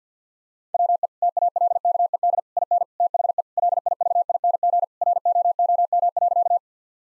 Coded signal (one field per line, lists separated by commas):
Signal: Morse code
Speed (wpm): 50 wpm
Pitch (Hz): 700 Hz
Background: none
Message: WE TALKED IN THE LIVING ROOM.